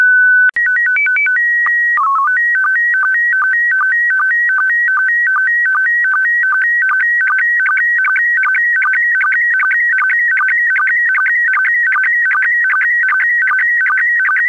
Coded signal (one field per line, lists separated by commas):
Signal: SSTV (slow-scan television)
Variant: PD 50